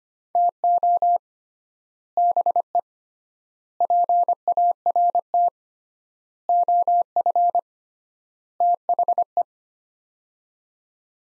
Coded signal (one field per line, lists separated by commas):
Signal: Morse code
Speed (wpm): 25 wpm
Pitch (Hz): 700 Hz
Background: none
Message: TO BE PART OF THE